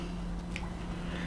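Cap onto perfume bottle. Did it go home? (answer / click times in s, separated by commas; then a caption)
no / none. A cap is pushed onto a Jivago 24K perfume bottle to test whether it stays in place, against a steady low hum. A single short contact sound comes at 0.6 s, but nothing clicks or latches; the cap holds only by friction.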